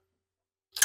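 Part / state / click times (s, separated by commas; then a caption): spark plug wire boot onto spark plug on a riding mower engine / not seated / none. A rubber spark plug wire boot is being handled onto the freshly gapped and installed spark plug of a Craftsman LT1000 riding mower engine. Near-silence gives way to a brief, bright scraping burst of handling noise that peaks around 0.8 s. The boot has not clicked or seated onto the plug terminal yet.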